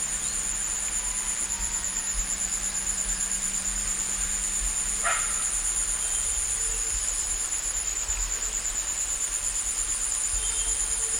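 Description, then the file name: Cricket chorus, a continuous shrill pulsing trill on two high pitches, unbroken for the whole stretch, with one brief sharp knock partway through. Recorded in a village in Bali. "bali sirkat kyla"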